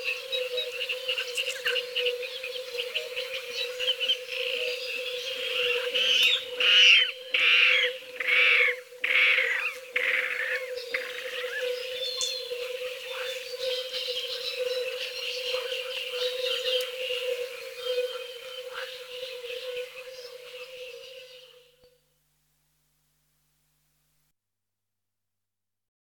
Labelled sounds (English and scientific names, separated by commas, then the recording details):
Water Rail (Rallus aquaticus) song
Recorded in the wild
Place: Nagyivan / Hortobagy, HU
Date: 1988-05-12
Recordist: Schwarz, Dieter